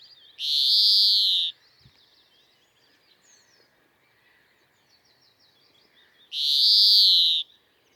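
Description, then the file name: European greenfinch giving two drawn-out buzzy wheezes, each about a second long, spaced roughly six seconds apart, with faint high notes between them. "Chloris chloris"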